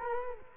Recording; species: mosquito wingbeat signal from an infrared sensor; Culex quinquefasciatus